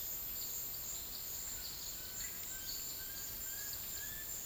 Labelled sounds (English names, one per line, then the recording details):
White-lored Euphonia
Bright-rumped Attila
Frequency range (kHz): Bright-rumped Attila 1.2-2.1 kHz
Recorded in secondary vegetation near Puerto Asís, Putumayo, Colombia, on 20 February 2024 at 13:00
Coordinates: 0.481, -76.323
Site G6376